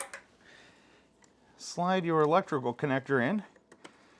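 A plastic electrical connector is slid toward the fuel tank socket while someone talks, with a few faint handling taps and ticks before and after. The clip ends before the connector is pushed home, so nothing has seated or clicked yet.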